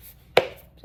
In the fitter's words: it just snaps back in there.